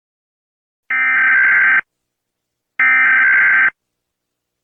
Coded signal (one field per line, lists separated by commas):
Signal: Emergency Alert System (SAME) tones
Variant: header bursts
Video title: Реакция на сирены EAS | 1 часть